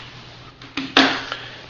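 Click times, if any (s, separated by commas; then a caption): 1.0 s. A twist-lock connector is turned about 90 degrees into the sensor housing of an MJ81 railway switch machine, with light handling taps at about 0.6 s and 0.8 s. The strongest sharp click comes at 1.0 s as the connector locks fully home, followed by a smaller tick at 1.3 s.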